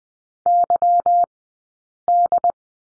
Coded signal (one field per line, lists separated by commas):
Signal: Morse code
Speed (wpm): 20 wpm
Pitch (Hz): 700 Hz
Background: none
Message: YD